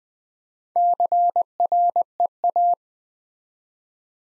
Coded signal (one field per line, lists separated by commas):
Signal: Morse code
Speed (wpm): 20 wpm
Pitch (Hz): 700 Hz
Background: none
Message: CREA